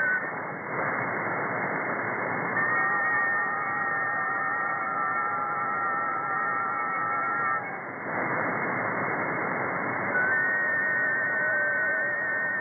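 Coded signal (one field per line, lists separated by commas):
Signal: FT4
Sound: several thin warbling tones at once in hiss, stopping together and restarting seconds later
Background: radio static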